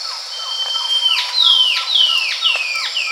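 Bird giving a level high whistle, then several rapid falling whistled notes in a row, roughly two each second, with a soft steady hiss and fainter lower notes behind.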